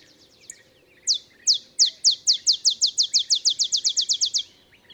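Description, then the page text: Olive sparrow song: a series of sharp descending chips, slow at first then accelerating into a rapid bouncing trill over about three seconds. Simple songs likened to a field sparrow's bouncing ball song; early morning in Texas, 50 miles north of the Mexican border. "Olive sparrow. Recording early morning just 50 miles north of the Mexican border in Texas"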